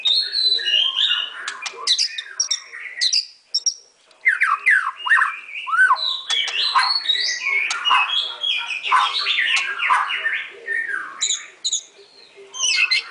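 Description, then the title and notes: White-rumped shama song full of chattering, whistled and harsh notes in rapid succession, with short gaps near four and eleven seconds. Masteran (training) song. "Murai Batu Album 01. Masteran Murai Batu"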